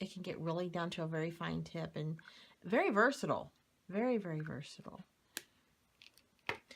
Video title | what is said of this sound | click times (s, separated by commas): Cup of Christmas Wishes | other thing is it's not closed until it clicks so | 6.5 s